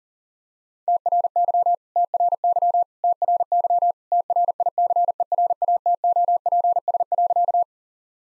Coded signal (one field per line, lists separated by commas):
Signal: Morse code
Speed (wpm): 40 wpm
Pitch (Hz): 700 Hz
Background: none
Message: TRY TRY TRY TRICERATOPS.